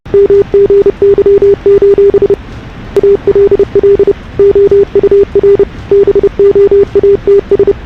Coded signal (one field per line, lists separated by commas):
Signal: Morse code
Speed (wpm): 24 wpm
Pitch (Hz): 340 Hz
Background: none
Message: MGY: ALL OUR BOATS